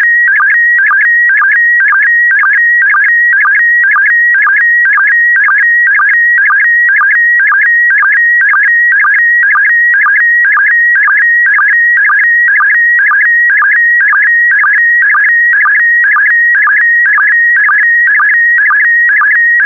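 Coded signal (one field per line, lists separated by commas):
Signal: SSTV (slow-scan television)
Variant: PD120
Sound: steady whistling tone broken twice a second by quick warbling steps and short low blips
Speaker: the next image transmission will start in 10 seconds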